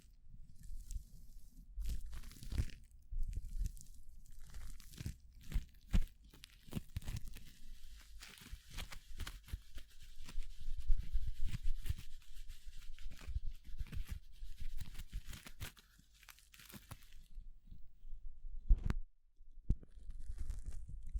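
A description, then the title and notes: Gloves rustle and rub in irregular bursts of crinkling and scraping, with low thumps throughout and a sharp snap near nineteen seconds. ASMR 1 HOUR of Gloves Sounds for People who want tingles (No Talking).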